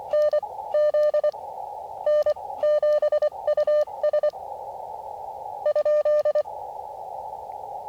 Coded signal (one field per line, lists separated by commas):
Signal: Morse code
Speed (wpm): 24 wpm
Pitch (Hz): 600 Hz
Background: radio noise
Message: N Z N7US ?